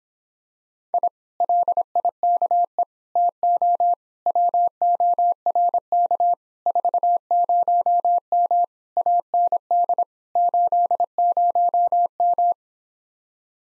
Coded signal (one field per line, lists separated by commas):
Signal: Morse code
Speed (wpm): 26 wpm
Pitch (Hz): 700 Hz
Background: none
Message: I LIKE TO WORK 40M AND 80M